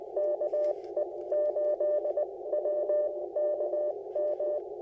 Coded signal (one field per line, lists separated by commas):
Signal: Morse code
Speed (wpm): 20 wpm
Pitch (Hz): 600 Hz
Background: none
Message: KE8WKM